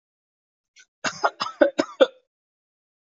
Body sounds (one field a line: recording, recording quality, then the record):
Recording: shallow voluntary cough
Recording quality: excellent, no background noise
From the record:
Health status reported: healthy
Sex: male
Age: 22 years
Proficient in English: yes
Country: India